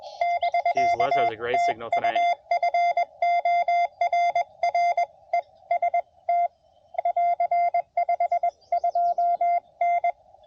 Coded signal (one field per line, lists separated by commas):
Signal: Morse code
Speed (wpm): 22 wpm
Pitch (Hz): 680 Hz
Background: speech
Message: <BK> TU FORREST <AR> 52N